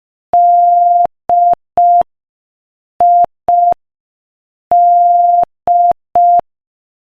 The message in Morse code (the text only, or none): DID